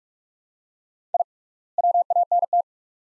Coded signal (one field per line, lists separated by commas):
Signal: Morse code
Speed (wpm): 47 wpm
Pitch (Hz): 700 Hz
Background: none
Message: I WANT